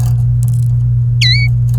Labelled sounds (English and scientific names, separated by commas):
Domestic Canary (Serinus canaria) song